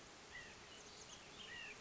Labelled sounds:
White-breasted Nuthatch (Sitta carolinensis)
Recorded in Sonoma County, California

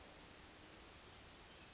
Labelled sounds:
Western Flycatcher (Empidonax difficilis)
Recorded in Sonoma County, California

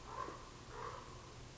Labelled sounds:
Common Raven (Corvus corax)
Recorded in Sonoma County, California

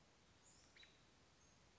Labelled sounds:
American Robin (Turdus migratorius)
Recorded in Sonoma County, California

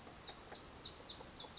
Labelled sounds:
Lazuli Bunting (Passerina amoena)
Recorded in Sonoma County, California

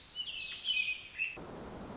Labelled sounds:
Pacific Wren (Troglodytes pacificus)
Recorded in Sonoma County, California

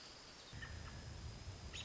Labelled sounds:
American Robin (Turdus migratorius)
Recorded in Sonoma County, California

